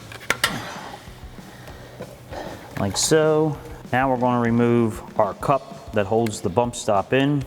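A screwdriver pries the front suspension bump stop out of its mounting cup on a 2011-2022 4WD F-250 during a ReadyLIFT 2.50-inch front leveling kit install. Two sharp hits ring out at 0.3 s and 0.4 s as the bump stop comes free, and then someone talks.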